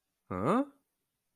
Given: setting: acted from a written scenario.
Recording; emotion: vocal sound without words; confusion